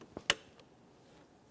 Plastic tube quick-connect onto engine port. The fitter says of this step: now it's time to rescure this tube we're going to take it press it down listen for a click